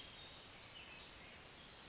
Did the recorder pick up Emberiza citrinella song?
no